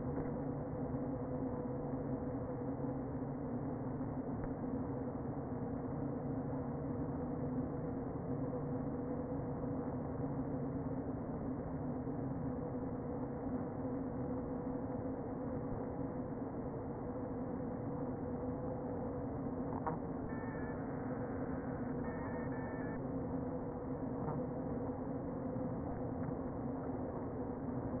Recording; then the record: honeybee colony, microphone inside the hive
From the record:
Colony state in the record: queen present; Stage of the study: before two queens were removed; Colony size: about 60,000 bees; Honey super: yes